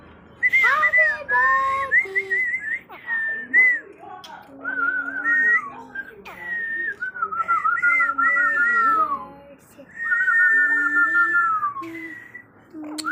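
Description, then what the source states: Alexandrine parakeet mimicking speech: a run of whistled, word-like phrases with wavering pitch, some rising and falling, broken by short pauses. Talking Alexandrine parakeet, one of the largest parrots.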